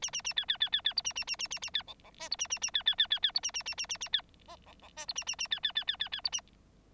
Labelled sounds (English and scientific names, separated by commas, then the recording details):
Bengalese Finch (Lonchura striata domestica) song
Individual Bird9